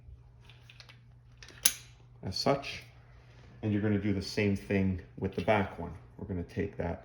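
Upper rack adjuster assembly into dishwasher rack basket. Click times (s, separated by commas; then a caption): 1.7 s. A metal tab on a plastic Whirlpool/KitchenAid/Maytag upper rack adjuster assembly (kit W10712395) is slid up into a slot on the dishwasher rack basket and pushed until it seats. Faint handling sounds come first, then a sharp click at 1.7 s as the adjuster snaps into place, and someone talks afterward.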